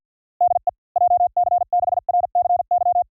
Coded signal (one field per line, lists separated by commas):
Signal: Morse code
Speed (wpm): 50 wpm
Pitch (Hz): 710 Hz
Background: none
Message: DE JC6RCY